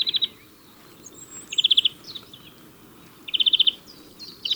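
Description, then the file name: European greenfinch producing short ringing trills about every two seconds, with faint thin chirps between them. "Chloris chloris"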